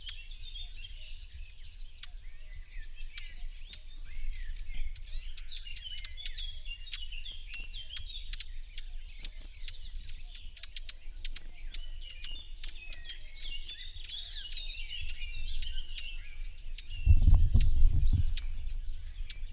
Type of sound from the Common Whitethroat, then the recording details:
call. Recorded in the wild. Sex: pair. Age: adult. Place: Parsteinwerder, Parsteiner See, Brandenburg, DE. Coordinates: 52.9575, 13.9733. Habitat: wood. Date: 2007-06-06 06:10. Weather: overcast, ca. 15°C, no wind. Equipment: Sound Devices 702, Sennheiser MKH 416 T, Windkorb. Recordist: Frommolt, Karl-Heinz